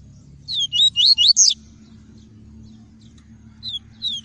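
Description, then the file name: Double-collared seedeater song: a quick run of five high, looping whistled notes, then a pause and two more slurred notes near the end; faint low hum underneath. "Tui-tui" song variety. "canto do papa capim tui tui"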